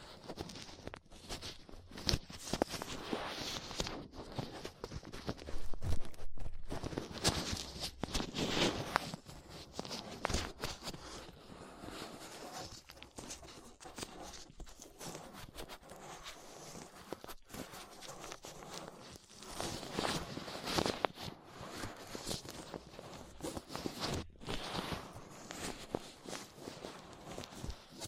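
Ear cleaning with latex gloves, a dental pick and cotton swabs: a dense run of soft scratching, rubbing and crinkling that never settles. Bursts swell and fade irregularly, louder around six to nine seconds and again near twenty, with brief silent gaps between.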